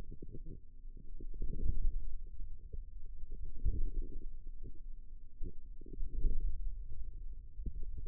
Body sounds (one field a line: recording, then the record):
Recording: forearm muscle sounds (acoustic myography)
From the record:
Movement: hand closing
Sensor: system 2, bracelet of six BSWA MPA416 microphones around the upper forearm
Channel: 3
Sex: female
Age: 22 years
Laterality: right